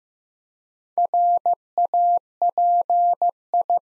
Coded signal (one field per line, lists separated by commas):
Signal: Morse code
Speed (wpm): 15 wpm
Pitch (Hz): 700 Hz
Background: none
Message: RAPI